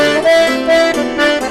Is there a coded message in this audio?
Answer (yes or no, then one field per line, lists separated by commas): no